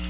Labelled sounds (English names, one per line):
Black-throated Blue Warbler flight call